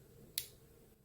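A crimped terminal pin is wiggled into a 6-pin multi-connector housing on a Honda Hornet motorcycle wiring loom. A single sharp, bright click sounds at 0.4 s as the pin's locking prong snaps home, and the pin is seated.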